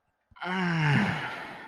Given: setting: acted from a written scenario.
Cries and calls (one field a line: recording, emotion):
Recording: vocal sound without words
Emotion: ecstasy